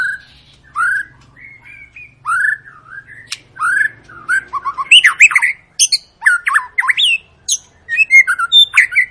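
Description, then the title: White-rumped shama singing: slow rising whistles repeated at first, then a burst of quick, varied chattering and fluty notes, with a low background hum. Long lure song of a white-rumped shama, used to make other birds sing. "Pancingan Murai Batu Gacor Panjang"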